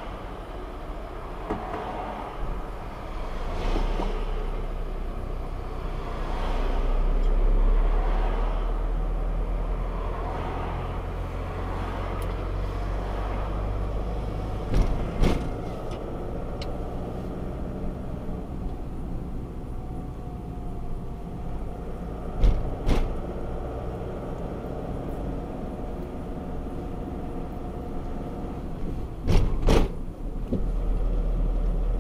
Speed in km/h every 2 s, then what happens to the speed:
10, 10, 12, 15, 17, 19, 22, 24, 28, 27, 23, 24, 29, 30, 30, 27.
0-16 speeds up to 28. 16-21 steady at about 27. 21-25 speeds up to 30. 25-32 steady at about 30.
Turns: none.